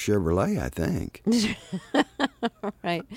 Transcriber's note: soundbite of laughter